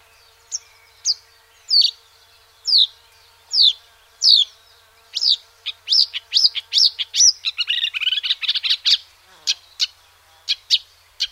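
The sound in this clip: Marsh warbler song opening with repeated slurred notes, then breaking into a quicker jumble of chattering notes.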